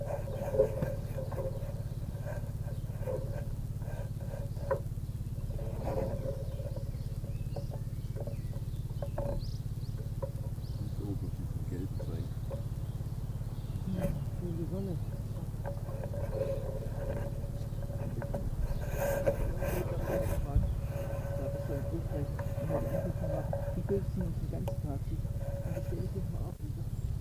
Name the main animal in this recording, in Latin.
Phylloscopus canariensis